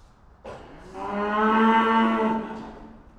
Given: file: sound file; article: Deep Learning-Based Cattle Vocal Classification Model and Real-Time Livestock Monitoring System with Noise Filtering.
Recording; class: cattle; estrus call